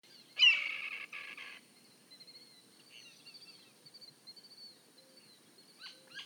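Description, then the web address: Red-tailed hawk uttering one harsh, rasping scream just over a second long, followed by a run of soft, high, thin chirps from smaller birds. "sound red-tailed-hawk. صدای-عقاب-دم-قرمز"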